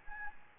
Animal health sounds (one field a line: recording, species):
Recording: mosquito wingbeat signal from an infrared sensor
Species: Anopheles gambiae